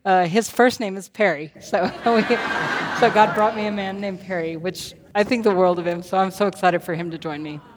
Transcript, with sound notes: His first name is Perry. (laughter) So God brought me a man named Perry. I think the world of him, so I am so excited for him to join me!